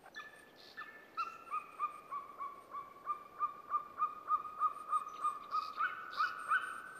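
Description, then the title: Golden Eagle uttering a rapid run of yelping notes, roughly three per second, rising in volume. "Maakotka"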